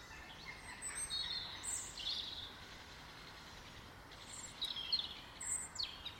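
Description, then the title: Birds calling, with short bursts of high chirps and twitters arriving in two clusters separated by a quieter gap, over a steady hiss. In a garden. "Birds Sounds in the Garden"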